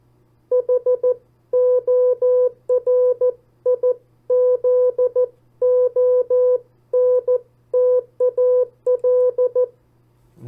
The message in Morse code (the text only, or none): HORIZONTAL